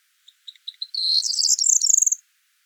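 Corn Bunting song: a few spaced ticking notes accelerating into a high, jangling, glassy rattle lasting over a second, then silence.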